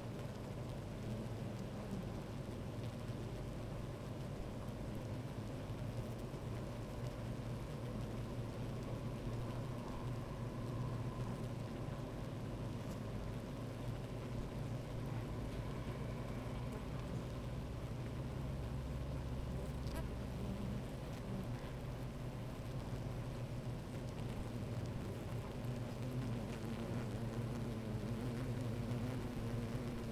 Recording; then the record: honeybee colony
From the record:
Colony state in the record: active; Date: 28 July 2017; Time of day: 12:31